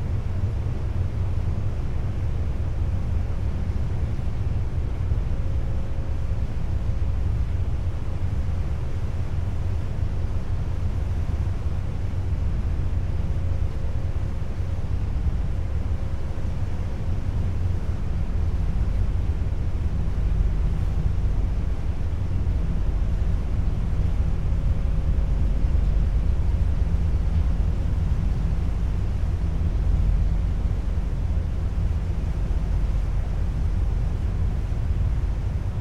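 A steady, heavy rumble from the Seattle-Bainbridge Island ferry fills the whole stretch, deep and dense with little change. A faint hum holds a thin tone in the lower middle, and wind-like rushing blurs over the top without distinct events.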